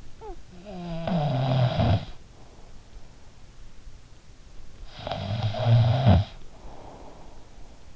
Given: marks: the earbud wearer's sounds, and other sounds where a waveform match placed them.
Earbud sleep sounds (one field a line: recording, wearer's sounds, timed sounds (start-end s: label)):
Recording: sounds in sleep by an in-ear microphone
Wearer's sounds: snoring breath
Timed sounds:
0.04-2.98 s: snoring breath
4.73-7.95 s: snoring breath